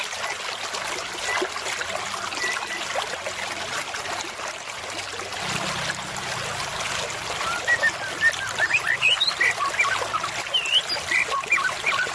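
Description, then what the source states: White-rumped shama song building in the second half: varied sharp whistles and chirps, rising and falling, against constant background hiss. Murai batu used as a lure (pikat) call, described as an effective lure with a strong voice.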